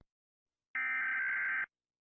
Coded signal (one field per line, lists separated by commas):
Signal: Emergency Alert System (SAME) tones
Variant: header bursts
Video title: Baby first SUN disappeared EAS September 20, 2013